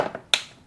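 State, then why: Seated. A license plate light housing is pushed back into its opening in the rear bumper cover of a 2016 Toyota Tacoma. A faint tap is followed by one sharp, bright snap at 0.3 seconds, and the light is confirmed snapped in place.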